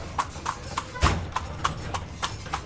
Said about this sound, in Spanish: Un lindo día hoy. A caballo por las montañas eslovacas.